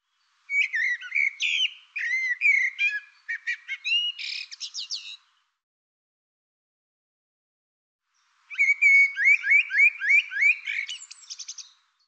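Bird song in two lively phrases of rapid chirps; the second phrase repeats a series of quick rising notes.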